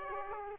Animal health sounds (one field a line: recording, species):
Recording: mosquito wingbeat signal from an infrared sensor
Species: Aedes aegypti